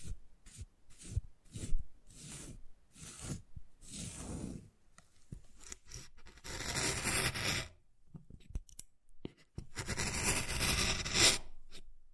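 Wood carving sounds: a run of short, separate taps and scrapes in the first five seconds, then longer, denser scratching strokes with brief pauses. The later scraping is hissy and bright, with a low thump or two mixed in.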